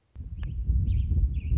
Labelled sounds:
American Robin
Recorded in Sonoma County, California

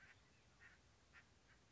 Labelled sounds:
Acorn Woodpecker
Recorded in Sonoma County, California

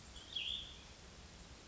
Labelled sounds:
Cassin's Vireo
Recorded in Sonoma County, California

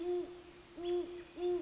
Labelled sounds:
Great Horned Owl
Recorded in Sonoma County, California

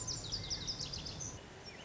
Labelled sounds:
Lazuli Bunting
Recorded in Sonoma County, California

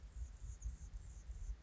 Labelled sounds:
Anna's Hummingbird
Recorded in Sonoma County, California

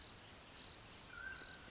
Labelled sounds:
Mountain Quail
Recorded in Sonoma County, California

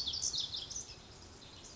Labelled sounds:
Pacific Wren
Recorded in Sonoma County, California

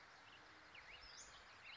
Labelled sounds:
Western Flycatcher
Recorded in Sonoma County, California

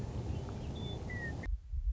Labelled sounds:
Western Meadowlark
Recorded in Sonoma County, California

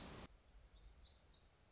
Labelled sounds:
Black-throated Gray Warbler
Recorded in Sonoma County, California

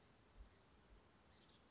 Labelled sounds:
Western Flycatcher
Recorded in Sonoma County, California

